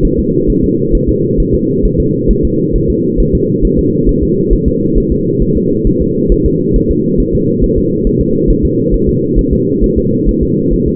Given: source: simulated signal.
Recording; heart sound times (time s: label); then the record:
fetal heart sounds
0.05 s: S1
0.19 s: S2
0.50 s: S1
0.64 s: S2
0.95 s: S1
1.09 s: S2
1.40 s: S1
1.55 s: S2
1.85 s: S1
2.00 s: S2
2.31 s: S1
2.45 s: S2
2.76 s: S1
2.90 s: S2
3.20 s: S1
3.35 s: S2
3.65 s: S1
3.79 s: S2
4.09 s: S1
4.24 s: S2
4.53 s: S1
4.68 s: S2
4.98 s: S1
5.12 s: S2
5.42 s: S1
5.57 s: S2
5.87 s: S1
6.02 s: S2
6.32 s: S1
6.46 s: S2
6.76 s: S1
6.91 s: S2
7.20 s: S1
7.35 s: S2
7.64 s: S1
7.78 s: S2
8.07 s: S1
8.21 s: S2
8.50 s: S1
8.65 s: S2
8.94 s: S1
9.09 s: S2
9.39 s: S1
9.53 s: S2
9.84 s: S1
9.98 s: S2
10.29 s: S1
10.43 s: S2
10.74 s: S1
10.88 s: S2
From the record:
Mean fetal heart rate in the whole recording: 135 bpm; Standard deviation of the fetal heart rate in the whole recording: 3 bpm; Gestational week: 36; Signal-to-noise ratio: -11.2 dB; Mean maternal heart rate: 72 bpm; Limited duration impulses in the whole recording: present